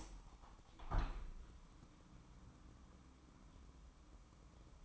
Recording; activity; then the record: daily activity, microphone in the room; open window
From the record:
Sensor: 1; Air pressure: 998.0 hPa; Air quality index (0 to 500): 119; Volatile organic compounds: 3 ppm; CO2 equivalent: 1412 ppm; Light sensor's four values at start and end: 17/57/23/23 and 17/57/23/23